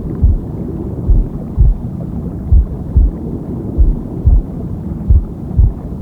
Womb Sound with Heartbeat Deep Sleep.